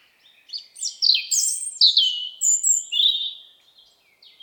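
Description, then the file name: European robin delivering a lively, rapid phrase of high squeaky notes, sharp downward slurs and clear whistles, trailing off at the end. "Erithacus rubecula"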